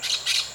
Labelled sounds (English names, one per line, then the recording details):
Brown-throated Parakeet contact call
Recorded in Venezuela
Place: Maracay, UCV-Agronomy campus
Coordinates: 10.278, -67.607